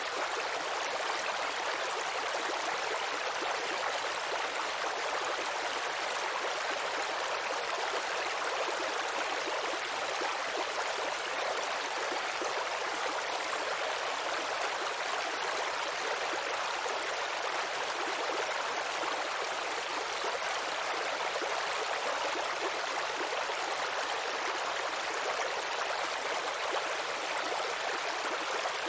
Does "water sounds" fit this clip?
yes